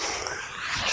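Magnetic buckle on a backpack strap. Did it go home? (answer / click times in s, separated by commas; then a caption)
yes / 0.3 s. A magnetic Fidlock buckle on the strap of a VSGO Black Snipe 25L backpack is fastened while the bag is worn. Over a steady hiss, a single sharp click sounds at 0.3 s as the buckle snaps shut and seats.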